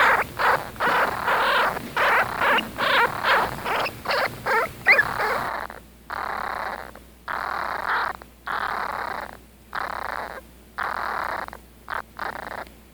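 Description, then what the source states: Young skunks giving hoarse squeaks and huffing bursts, busier at first, then slower, breathier puffs with brief gaps between them. Baby skunks.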